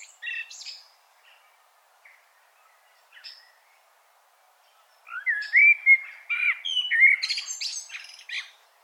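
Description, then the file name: Common blackbird heard first in faint, scattered high notes, then one full song phrase of fluted whistles mixed with thin, squeaky twittering. "Turdus merula"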